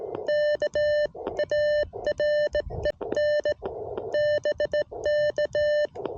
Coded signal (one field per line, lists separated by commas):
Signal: Morse code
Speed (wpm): 17 wpm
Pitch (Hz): 600 Hz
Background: none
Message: KAREN BK